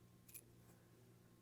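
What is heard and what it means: A lock cylinder in a cylindrical door lock housing, tightened all the way, is turned back and clicks into its first detent position at 0.3 s, the first of two clicks. The click is a short, bright, high-pitched snap over a steady low hum. The cylinder seats in the detent.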